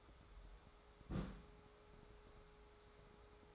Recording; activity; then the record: daily activity, microphone in the room; place on stove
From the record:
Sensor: 3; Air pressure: 1010.3 hPa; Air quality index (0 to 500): 167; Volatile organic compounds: 9 ppm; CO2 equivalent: 2187 ppm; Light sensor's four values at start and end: 50/124/55/61 and 50/124/55/61